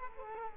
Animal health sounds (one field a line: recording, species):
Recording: mosquito wingbeat signal from an infrared sensor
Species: Culex quinquefasciatus